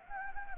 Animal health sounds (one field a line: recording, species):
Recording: mosquito wingbeat signal from an infrared sensor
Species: Anopheles gambiae